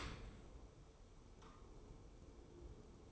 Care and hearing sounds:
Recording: daily activity, microphone in the room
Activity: open dishwasher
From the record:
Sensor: 1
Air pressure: 1015.0 hPa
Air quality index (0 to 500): 25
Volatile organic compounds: 0 ppm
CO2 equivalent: 502 ppm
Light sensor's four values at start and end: 13/30/12/13 and 13/30/12/13

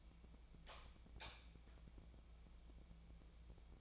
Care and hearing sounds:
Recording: daily activity, microphone in the room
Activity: light on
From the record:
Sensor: 1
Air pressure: 1000.0 hPa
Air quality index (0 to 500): 131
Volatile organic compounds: 2 ppm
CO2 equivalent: 1242 ppm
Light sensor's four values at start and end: 30/77/32/39 and 33/86/35/43

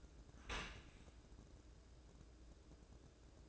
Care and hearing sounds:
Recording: daily activity, microphone in the room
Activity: open dishwasher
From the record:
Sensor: 2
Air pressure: 1012.1 hPa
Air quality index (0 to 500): 136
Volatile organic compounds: 2 ppm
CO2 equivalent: 1000 ppm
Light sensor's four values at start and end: 292/716/291/295 and 293/718/291/296

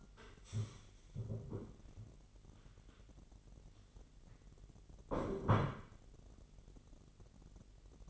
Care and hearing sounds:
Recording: daily activity, microphone in the room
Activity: stand up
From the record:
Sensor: 4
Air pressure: 999.3 hPa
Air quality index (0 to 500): 115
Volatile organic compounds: 2 ppm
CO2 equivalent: 1129 ppm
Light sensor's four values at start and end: 13/31/12/13 and 13/30/12/13

